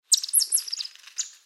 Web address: golden flower rat chirp call sound